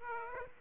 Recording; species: mosquito wingbeat signal from an infrared sensor; Aedes aegypti